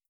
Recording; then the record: hydrophone in a shrimp aquaculture tank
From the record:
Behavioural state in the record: starved